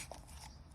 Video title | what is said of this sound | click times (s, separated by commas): 2015-2021 Mercedes Benz C Class W205 M274 Engine Oil Change DIY Sucking the Oil Out. | till it clicks, and that's all the way. | 0.1 s